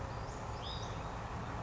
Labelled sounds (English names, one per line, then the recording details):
Western Flycatcher
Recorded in Sonoma County, California